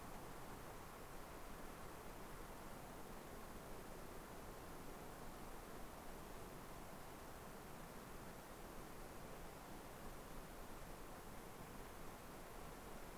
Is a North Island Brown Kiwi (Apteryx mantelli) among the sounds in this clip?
no